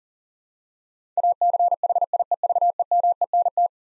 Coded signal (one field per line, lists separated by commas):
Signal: Morse code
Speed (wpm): 37 wpm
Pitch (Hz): 700 Hz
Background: none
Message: ACHIEVEMENT